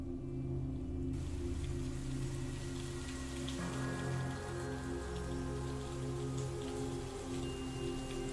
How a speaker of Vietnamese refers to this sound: Tiếng sấm sét đì đùng, cơn mưa trái mùa ầm ầm đổ xuống bất chợt.